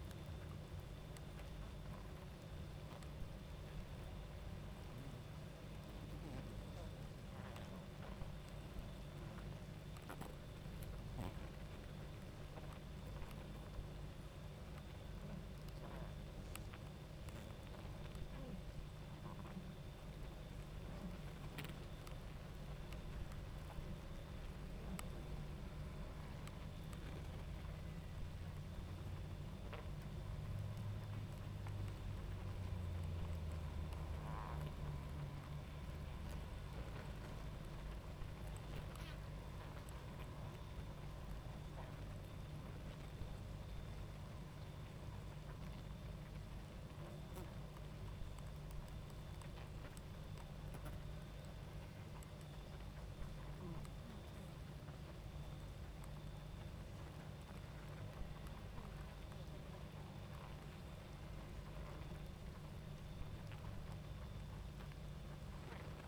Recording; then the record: honeybee colony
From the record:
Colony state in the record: active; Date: 28 July 2017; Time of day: 22:12